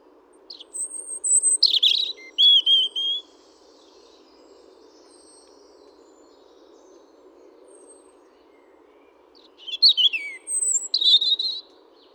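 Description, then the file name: European robin song: two bursts of high, varied twittering and whistled notes, each two to three seconds long, separated by roughly six seconds of silence. "Erithacus rubecula"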